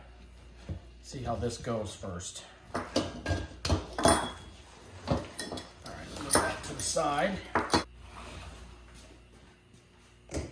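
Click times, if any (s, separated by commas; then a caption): none. The cylinder of an electric sausage stuffer is tilted and slid to the side of its frame, with a series of sharp metal-on-metal clanks and knocks while someone talks. The cylinder has not seated or locked into its frame yet.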